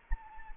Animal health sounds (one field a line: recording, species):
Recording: mosquito wingbeat signal from an infrared sensor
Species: Anopheles arabiensis